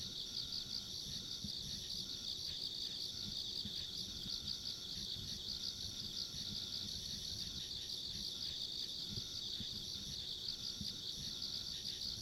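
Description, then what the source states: Insects trill steadily in a dense high-pitched chorus, even and unbroken, with gentle low noise underneath. Ambient insect sounds along a rural country road.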